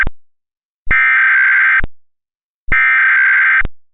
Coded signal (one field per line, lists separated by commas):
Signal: Emergency Alert System (SAME) tones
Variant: header bursts